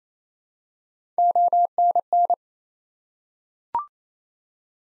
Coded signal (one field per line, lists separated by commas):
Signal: Morse code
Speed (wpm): 27 wpm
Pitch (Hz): 700 Hz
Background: none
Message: ONN